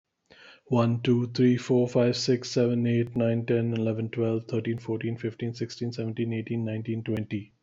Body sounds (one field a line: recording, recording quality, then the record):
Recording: counting at a normal pace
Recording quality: excellent, no background noise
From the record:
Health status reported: healthy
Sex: male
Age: 37 years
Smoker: no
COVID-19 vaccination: both doses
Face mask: not worn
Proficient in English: yes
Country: India